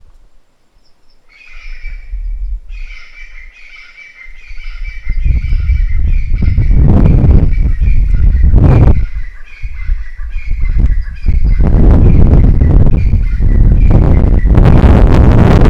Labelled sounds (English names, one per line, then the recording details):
Crested Francolin
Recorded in northern Uganda